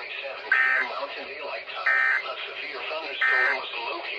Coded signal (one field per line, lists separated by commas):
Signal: Emergency Alert System (SAME) tones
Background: speech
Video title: Severe Thunderstorm Warning For My Area | EAS#616-621